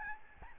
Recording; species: mosquito wingbeat signal from an infrared sensor; Aedes albopictus